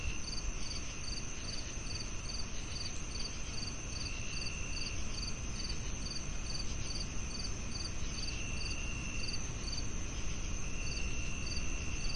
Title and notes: The stage is set with the rhythmic melody of chirping crickets, creating a serene backdrop that evokes the essence of a tranquil evening.